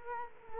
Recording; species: mosquito wingbeat signal from an infrared sensor; Culex quinquefasciatus